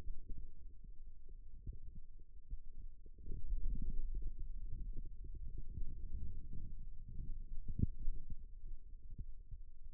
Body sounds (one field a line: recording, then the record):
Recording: forearm muscle sounds (acoustic myography)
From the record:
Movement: radial deviation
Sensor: system 2, bracelet of six BSWA MPA416 microphones around the upper forearm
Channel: 2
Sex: male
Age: 22 years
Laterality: right